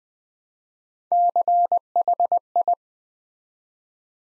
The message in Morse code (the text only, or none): CHI